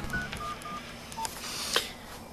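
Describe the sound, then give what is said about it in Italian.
A handful of short, mid-pitched telephone keypad tones beep at uneven intervals over a low background hum, with no talking. “Metti giù il telefono.”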